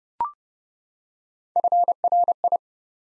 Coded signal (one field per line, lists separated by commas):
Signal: Morse code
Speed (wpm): 28 wpm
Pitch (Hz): 700 Hz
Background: none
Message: FRI